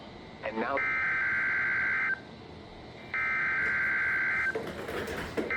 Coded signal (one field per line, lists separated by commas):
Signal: Emergency Alert System (SAME) tones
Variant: header bursts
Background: speech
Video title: WWG59 BORKED - NOAA RWTs of 1/29/26 (New EAS 953-954)